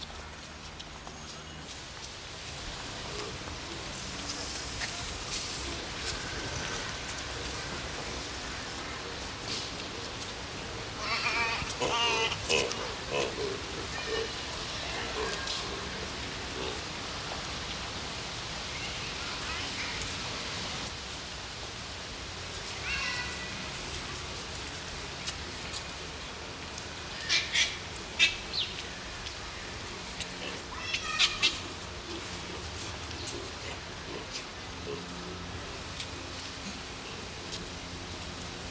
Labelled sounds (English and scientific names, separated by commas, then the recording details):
White-faced Whistling Duck (Dendrocygna viduata)
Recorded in captivity
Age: adult
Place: Zoo Berlin, Berlin, DE
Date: 1993-08-28 12:07
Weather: 12-15°C, heiter
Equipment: Marantz CP 430, Sennheiser MKH 416 T, Kopie Uher Variocord 263
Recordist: Tembrock, Günter